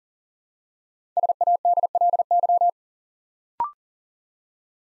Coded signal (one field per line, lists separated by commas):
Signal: Morse code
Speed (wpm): 40 wpm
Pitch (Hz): 700 Hz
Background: none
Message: SADLY